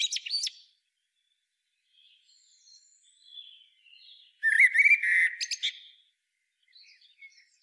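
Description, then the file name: Common blackbird with a brief high note at the start, soft faint notes, then a loud warbled phrase ending in scratchy twitters, followed by quiet high notes. "Turdus merula"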